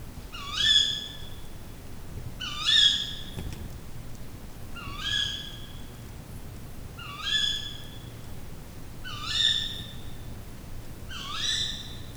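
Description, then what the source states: Tawny owl giving sharp, rising, ringing calls, repeated about every two seconds, six calls in all, over a faint low hum. Recorded at night in forest in Aggtelek Karst, Hungary, with an Octava microphone.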